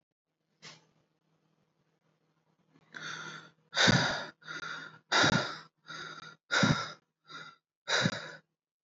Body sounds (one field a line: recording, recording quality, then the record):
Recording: shallow breathing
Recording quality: moderate, slight background noise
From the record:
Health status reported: healthy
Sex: male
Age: 43 years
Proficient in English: yes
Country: India